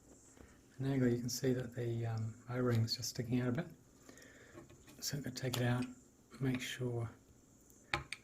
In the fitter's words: that's actually pushed in we get a nice click